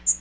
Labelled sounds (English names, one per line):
Magnolia Warbler flight call